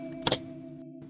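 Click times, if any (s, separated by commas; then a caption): 0.3 s. A second DDR5 memory stick is pressed evenly into a black motherboard DIMM slot until the retention tabs latch. Two sharp clicks land close together at about 0.3 s and 0.3 s over a steady tonal hum. The stick is confirmed seated.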